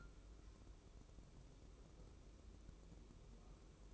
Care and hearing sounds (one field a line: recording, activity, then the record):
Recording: daily activity, microphone in the room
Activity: take from stove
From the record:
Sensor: 1